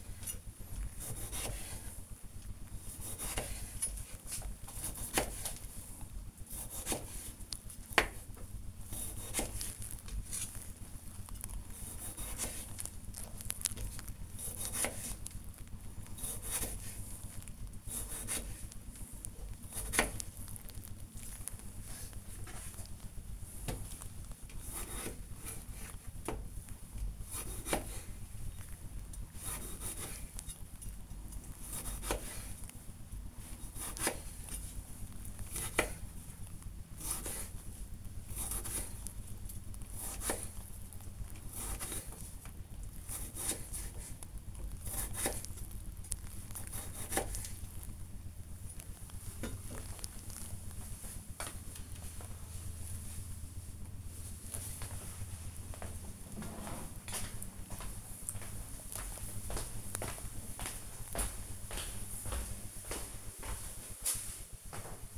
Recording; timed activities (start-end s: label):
household activities, microphone on the right wrist
0.00-50.76 s: cutting vegetables